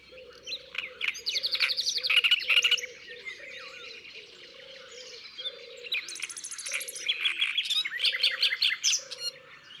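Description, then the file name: Great reed warbler song: harsh, buzzy chatter with rattling high notes, over regular low croaking of frogs. "Rousserolle turdoide ABC des chants doiseaux"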